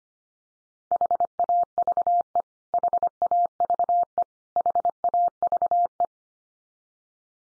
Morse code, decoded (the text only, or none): HAVE HAVE HAVE